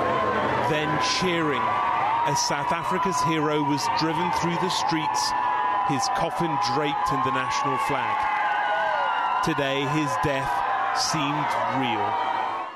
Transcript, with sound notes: then cheering, as South Africa's hero was driven through the streets, his coffin draped in the national flag.
(CHEERING AND APPLAUSE)
Today, his death seemed real.